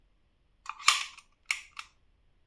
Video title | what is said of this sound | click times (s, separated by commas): NEW changable class B safe lock RELOX 1900 from CAWI - REVIEW | There's a click. | 1.5 s